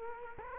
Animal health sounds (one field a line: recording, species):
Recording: mosquito wingbeat signal from an infrared sensor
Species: Culex quinquefasciatus